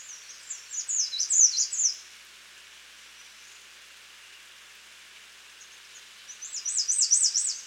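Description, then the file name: American redstart song: two high, thin phrases of rapidly repeated wavy notes, the first near the start and the second at the end, separated by a quiet pause. "Setophaga ruticilla - American Redstart"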